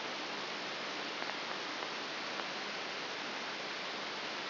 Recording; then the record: brain microelectrode recording played as sound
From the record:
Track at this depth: inside the subthalamic nucleus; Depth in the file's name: 3.702 mm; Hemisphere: left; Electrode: 3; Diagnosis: Parkinson's disease